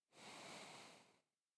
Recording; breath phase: one breath near a microphone; exhalation